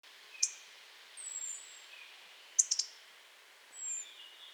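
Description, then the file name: European robin giving a few high, thin, falling whistles and a short cluster of sharp ticking clicks, with quiet background hiss. "Erithacus rubecula"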